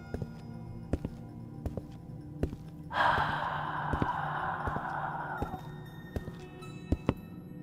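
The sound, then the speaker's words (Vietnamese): A single soft, airy breath drawn out for about three seconds and slowly fading, set against a low hum and a steady pattern of quiet, sharp taps. No one speaks. “Cho đến khi một hơi thở nhẹ nhàng vang lên.”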